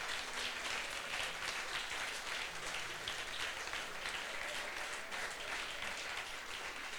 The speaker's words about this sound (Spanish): Yo antes de comenzar la predicación, quiero felicitar a todos aquellos que participaron de las 40 horas de oración. Quiero que se den un aplauso.